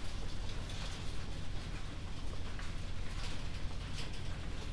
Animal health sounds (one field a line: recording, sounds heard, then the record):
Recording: poultry house recording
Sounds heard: healthy chickens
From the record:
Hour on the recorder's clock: 22